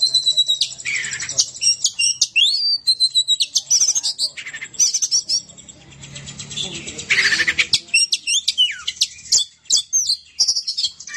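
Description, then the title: Oriental magpie-robin song of bright whistles, dry rattles and a burst of scratchy buzzing, delivered in quick, varied phrases separated by brief gaps. "Kacer"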